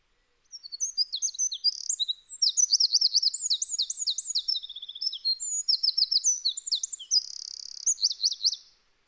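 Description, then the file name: Eurasian wren in an extended, energetic song of shrill notes, rapid rattling trills and repeated swooping phrases, running continuously for over eight seconds. "Troglodytes troglodytes"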